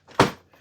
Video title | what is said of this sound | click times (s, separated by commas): REVIEW Shark Carpet Xpert Hair Pro StainStriker Carpet Cleaner - I LOVE IT! EX301 Perfect For Pets | You kind of hear a click. | 0.2 s